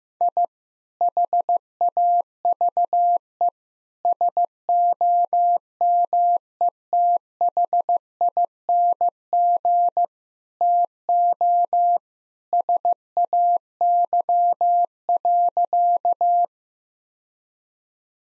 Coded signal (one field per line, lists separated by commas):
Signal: Morse code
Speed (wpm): 15 wpm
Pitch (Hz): 700 Hz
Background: none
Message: I HAVE SOMETHING TO SAY.